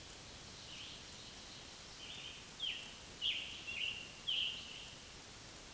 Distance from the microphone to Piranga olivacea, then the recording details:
about 40 m. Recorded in a Pennsylvania forest on 1 June 2023 at 08:07. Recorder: AudioMoth, point grid3_13_high. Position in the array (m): 164 m, 140 m